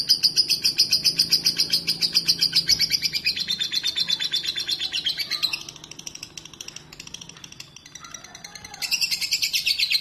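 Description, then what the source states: Lovebird giving a rapid, high, pulsing chatter that slides slightly lower. It pauses briefly to quieter notes, then bursts back into the fast chatter. Song style called konslet.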